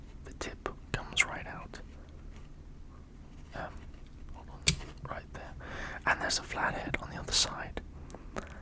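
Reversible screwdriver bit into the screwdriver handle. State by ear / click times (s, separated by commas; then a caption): seated / 8.4 s. A double-ended bit from a multi-bit screwdriver is pulled out, flipped to its flat-head end and pushed back into the handle socket while someone talks in a whisper. Soft handling sounds and small taps lead up to a sharp click at 8.4 s as the bit seats in the handle.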